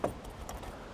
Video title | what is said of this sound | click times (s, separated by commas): Dieses E-Lastenrad definiert PLATZ neu! 🚌 HNF Nicolai CD2 | It can then simply snap into place | 0.0 s